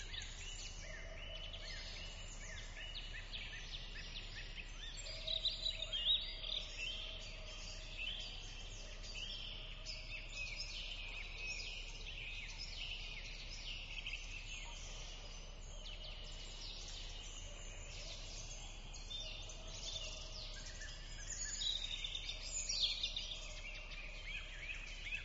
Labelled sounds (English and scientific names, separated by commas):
Common Frog (Rana temporaria) call